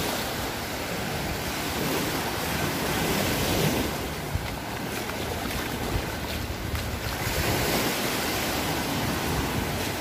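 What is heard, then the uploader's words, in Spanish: Sea surf rolls steadily onto a beach, a dense, even wash with slight swells near seconds four and seven, and some wind. Los sonidos del mar. Playa de Sitges (Barcelona - España). Así suena el mar y la playa un fin de semana de agosto en Sitges (Barcelona).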